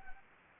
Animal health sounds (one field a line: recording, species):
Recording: mosquito wingbeat signal from an infrared sensor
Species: Anopheles gambiae